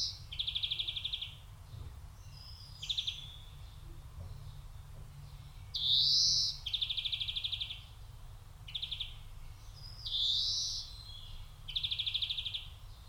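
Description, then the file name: European greenfinch repeating rattled trills interspersed with rising nasal wheezes, over low background noise. "Chloris chloris"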